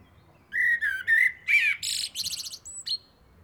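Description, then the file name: Common blackbird delivering a rich, flute-like warble that breaks into a fast, high, chattering twitter, with a soft low rumble in the background. "Turdus merula"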